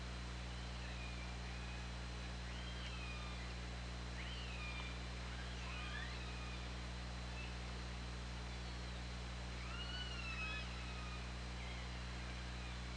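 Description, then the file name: Killer whale calls: several rising and falling tonal sweeps, some upswept then bending down, scattered throughout over steady low hum and hiss. Hydrophone recording from OrcaLab, 24 August 2017, 20:37. "Orca Lab UTLN 20170824 203750 ORCALABDYNI"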